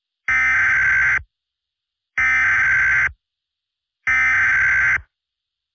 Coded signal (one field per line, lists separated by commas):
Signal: Emergency Alert System (SAME) tones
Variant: header bursts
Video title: (BIRTHDAY SPECIAL) Akame's Bloody Rampage (Akame ga Kill EAS Scenario)